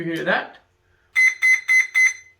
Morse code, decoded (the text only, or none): none